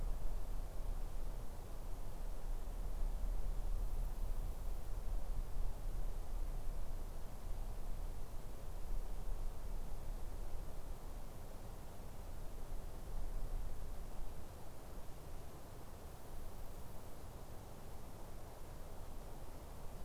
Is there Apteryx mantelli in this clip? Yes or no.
no